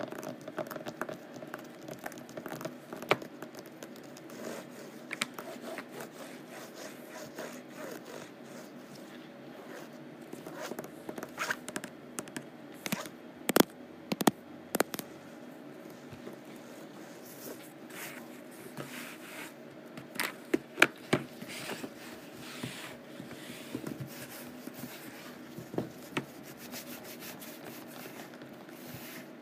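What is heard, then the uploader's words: Rough canvas is scratched and tapped in a steady rubbing texture, punctuated by frequent sharp knocks, clustering around 13–15 and 20 seconds. ASMR Rough Canvass: Scratching and Tapping.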